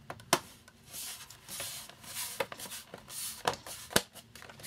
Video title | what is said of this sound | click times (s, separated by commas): Replace a HP Laptop Battery Yourself | the occasional little click | 0.3 s, 3.5 s, 4.0 s